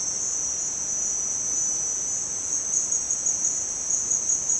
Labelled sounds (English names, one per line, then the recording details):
none
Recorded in dense forest near Puerto Asís, Putumayo, Colombia, on 27 June 2025 at 16:00
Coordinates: 0.484, -76.317
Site G045